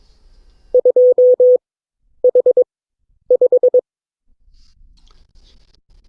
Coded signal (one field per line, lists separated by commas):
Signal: Morse code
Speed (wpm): 22 wpm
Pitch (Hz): 500 Hz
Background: none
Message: 2H5